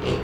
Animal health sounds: contact call of a hoofed animal; pig; closed-mouth grunt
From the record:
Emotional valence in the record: positive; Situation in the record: food and toys in familiar pen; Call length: 0.23 s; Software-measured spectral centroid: 1830 Hz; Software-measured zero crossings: 1560 a second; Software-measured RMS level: -25 dBFS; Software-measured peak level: -13 dBFS

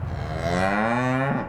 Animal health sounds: contact call of a hoofed animal; cattle; low-frequency (closed-mouth) or high-frequency (open-mouth) call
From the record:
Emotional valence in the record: negative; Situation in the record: full separation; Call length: 1.49 s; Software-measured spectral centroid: 1540 Hz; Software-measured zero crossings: 1310 a second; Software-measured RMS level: -24 dBFS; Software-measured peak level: -10 dBFS

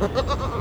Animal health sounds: contact call of a hoofed animal; goat; low-frequency (closed-mouth) or high-frequency (open-mouth) call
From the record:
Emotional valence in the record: negative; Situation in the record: short social isolation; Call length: 0.61 s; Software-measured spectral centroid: 1880 Hz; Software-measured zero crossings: 1300 a second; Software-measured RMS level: -24 dBFS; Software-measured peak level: -10 dBFS

